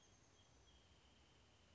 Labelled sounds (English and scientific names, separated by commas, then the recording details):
Wrentit (Chamaea fasciata)
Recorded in Sonoma County, California